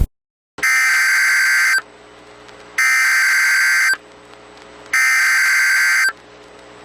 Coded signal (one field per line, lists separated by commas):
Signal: Emergency Alert System (SAME) tones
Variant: header bursts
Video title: COASTAL ERASING (EAS Scenario)